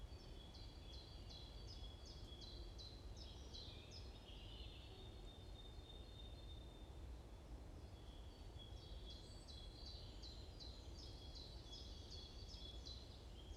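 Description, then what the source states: Bird chirping in two bursts of rapid, evenly spaced high notes separated by a quieter stretch, with a steady thin whistle and low background rumble. Morning birds chirping around a forest at Bosvoorde, Watermaal-Bosvoorde, Brussels-Capital, Belgium; recorded with an AMBE VR mic.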